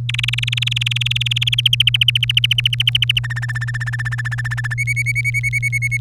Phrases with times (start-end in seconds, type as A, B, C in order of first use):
0.09-1.61 A, 1.66-3.19 B, 3.24-4.74 C, 4.78-5.97 D